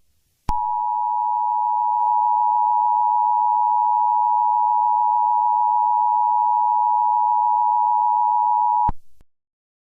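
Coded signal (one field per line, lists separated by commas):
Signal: Emergency Alert System (SAME) tones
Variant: 853 and 960 Hz attention tone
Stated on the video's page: Fan-made fictional EAS scenario, not a real alert.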